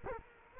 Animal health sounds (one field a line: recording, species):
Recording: mosquito wingbeat signal from an infrared sensor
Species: Culex quinquefasciatus